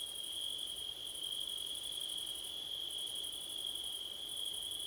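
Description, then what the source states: Crickets ringing out in a steady high trill, a faster pulsing chirp above stopping and starting a few times, and a quiet hiss in the background. Crickets on a September night, with wind, recorded with a Blumlein stereo microphone pair.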